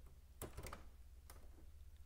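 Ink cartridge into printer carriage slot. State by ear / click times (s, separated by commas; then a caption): seated / 0.4 s. A plastic ink cartridge is pushed down with a finger into the carriage slot of an Epson XP-4200 printer. It snaps home with a sharp click at 0.4 s, followed by softer clicks near 0.7 s and another at 1.3 s. The cartridge is seated and securely installed.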